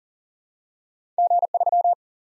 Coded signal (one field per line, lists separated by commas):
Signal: Morse code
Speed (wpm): 40 wpm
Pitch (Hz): 700 Hz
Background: none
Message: G3